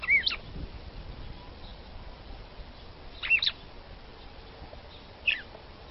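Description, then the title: Red-cowled cardinal uttering brief whistled notes, three short phrases spaced a few seconds apart, with quiet background hiss. Female singing to stimulate the male. "Canto Galo De Campina. galo de campina femea canto para esquentar o galo macho"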